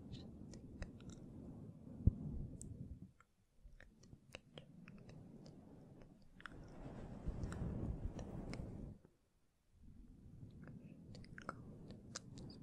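Soft, unintelligible whispering comes in breathy stretches, broken by brief silences around three and nine seconds. Light taps and clicks from fingers touching the mic scatter throughout, with a sharper knock near two seconds.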